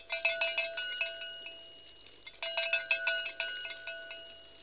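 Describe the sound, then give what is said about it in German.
The doorbell of Schloss Greifenklau rings twice, each ring a rapid run of bright, metallic strikes lasting about two seconds, separated by a brief pause, with no voices. “Irmintraut von Pößnitz, bitte zweimal klingeln.”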